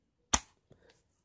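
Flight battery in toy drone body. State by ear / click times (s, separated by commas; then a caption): not seated / none. Someone presses down on the small arrow tab of the molded-in plastic flight battery in a CoolRC X12 Mavic Air toy-grade 720p WiFi drone and tries to pull it out of the aircraft body. A sharp snap at 0.3 s is the tab or a fingernail slipping, followed by faint scrapes around 0.7–0.9 s. The battery fails to release because it is molded in, and nothing has clicked or come free.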